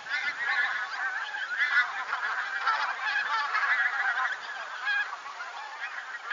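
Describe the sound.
Bird calls in a steady chorus of overlapping nasal honks, with a few clearer single honks standing out above the mass.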